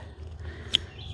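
A plastic snap-on electric fence insulator is pressed onto a steel T-post and snaps on with a sharp, bright click at 0.7 s, over a low steady background rumble. The insulator is seated on the post.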